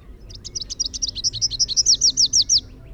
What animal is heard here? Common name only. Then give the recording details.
Rufous-capped Warbler. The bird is a male. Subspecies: rufifrons. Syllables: 24. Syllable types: 6. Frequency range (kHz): 3.0-6.8 kHz. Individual MO-R01-M